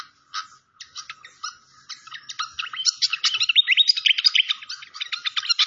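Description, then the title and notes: Malaysian pied fantail song: sparse chirps at first, building into a dense, fast stream of high twittering and slurred whistles. Training (masteran) song with a clear voice. "Masteran Sikatan Kipas Suara Jernih Dan Suara Gemericik Air. Suara Burung Sikatan Londo"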